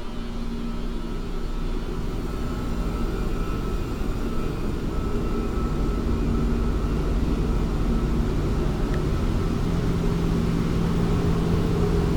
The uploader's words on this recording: Soundwalk in the new NBMAA basement. Passing through many of the rooms and other areas of the basement.